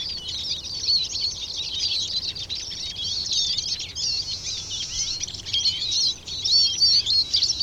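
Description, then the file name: Eurasian siskin twittering, rapid high-pitched chattering notes running almost without pause, with a few clearer whistled notes near the end. "Eurasian Siskin (Carduelis spinus)"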